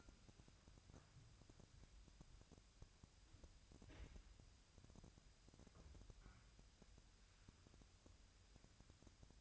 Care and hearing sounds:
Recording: daily activity, microphone in the room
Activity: wipe stove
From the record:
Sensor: 2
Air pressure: 1003.1 hPa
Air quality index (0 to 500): 202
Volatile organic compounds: 6 ppm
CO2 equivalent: 1921 ppm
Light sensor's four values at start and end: 7/17/7/8 and 7/17/7/8

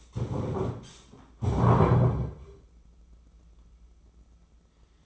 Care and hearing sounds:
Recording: daily activity, microphone in the room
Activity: stand up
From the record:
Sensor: 1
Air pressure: 996.0 hPa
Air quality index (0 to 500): 235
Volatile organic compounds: 1000 ppm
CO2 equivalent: 6832 ppm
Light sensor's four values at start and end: 34/84/36/43 and 33/81/35/42

